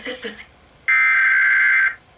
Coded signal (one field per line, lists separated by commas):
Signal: Emergency Alert System (SAME) tones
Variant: header bursts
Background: speech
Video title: 2021 EAS National Periodic Test (August 11, 2021)